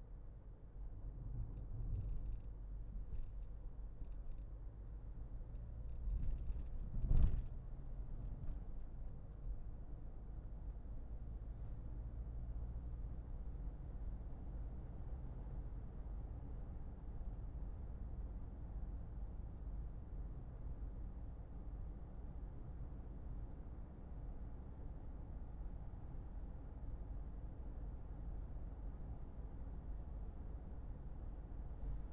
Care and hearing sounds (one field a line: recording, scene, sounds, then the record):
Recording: everyday scene through a hearing-aid microphone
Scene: in a vehicle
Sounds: engine, highway driving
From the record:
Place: Berlingo II, diesel engine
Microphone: behind the ear, left, rear